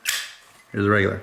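The hinged lid of a standard brass-cased Zippo windproof lighter is closed by hand and snaps shut onto the case with a sharp click at 0.1 s, for comparison with the thicker Armor case's higher-pitched closing sound. After a short quiet gap, someone talks from about 0.7 s. The lid is fully shut.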